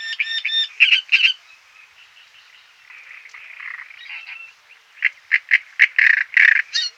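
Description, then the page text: Great reed warbler song opening with nasal ringing notes, then rough croaks, a softer muttering stretch, and a final loud run of repeated harsh syllables. "Great Reed Warbler Song - Quick Sounds"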